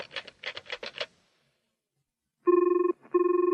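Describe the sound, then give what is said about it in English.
A quick run of clicky button presses as a number is dialed on a phone, a short pause, then the phone rings twice with a loud, warbling electronic trill at a steady pitch, each ring about half a second long. “That's it. It was ringing.”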